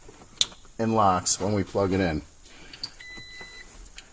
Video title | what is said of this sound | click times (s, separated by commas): PLUG & PLAY REMOTE START INSTALLATION 2016-2018 TOYOTA TACOMA PTS 2014-2016 HIGHLANDER PTS | again we're gonna make sure it clicks and locks | 0.4 s